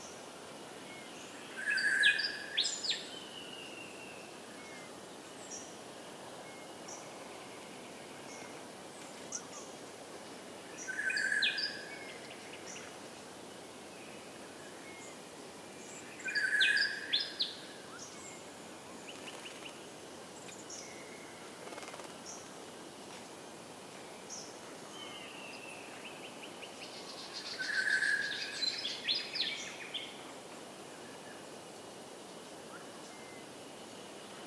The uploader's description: Early morning bird-chorus just after dawn near Dayboro in SE Queensland